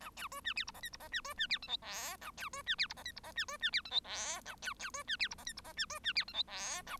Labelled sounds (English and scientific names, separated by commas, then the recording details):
Bengalese Finch (Lonchura striata domestica) song
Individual Bird1